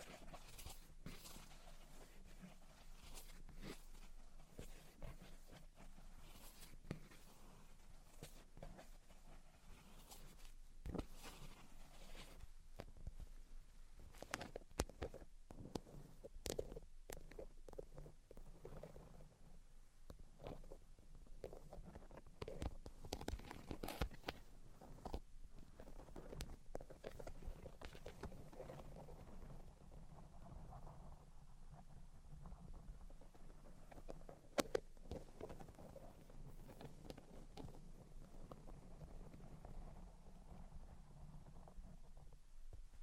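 Tapping, scratching and tracing sounds run continuously over a low, steady rumble. Sharp taps come in frequent, irregular bursts, densest in the first half and around 15 to 25 seconds, with one louder tap near 35 seconds. Soft scratchy rustling fills the gaps throughout.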